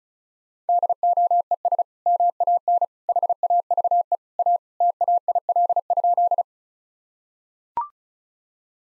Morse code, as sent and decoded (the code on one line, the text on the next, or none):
-.. --- . ... / -- .- -. / .... .- ...- . / .- / - .- .. .-.. ..--..
DOES MAN HAVE A TAIL?